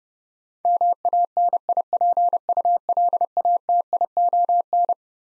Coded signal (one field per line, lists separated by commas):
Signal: Morse code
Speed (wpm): 32 wpm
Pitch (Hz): 700 Hz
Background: none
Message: MANIPULATION